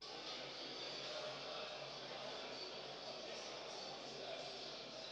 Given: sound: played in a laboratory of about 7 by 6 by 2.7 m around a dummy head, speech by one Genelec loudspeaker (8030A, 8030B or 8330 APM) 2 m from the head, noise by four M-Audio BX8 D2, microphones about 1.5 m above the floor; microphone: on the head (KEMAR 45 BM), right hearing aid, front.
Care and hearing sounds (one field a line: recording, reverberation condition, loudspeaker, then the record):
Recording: cafeteria noise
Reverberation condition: high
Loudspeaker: four, about 170 cm from the corners of the room and facing them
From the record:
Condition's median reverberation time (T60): about 1300 ms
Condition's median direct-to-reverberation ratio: about -4.0 dB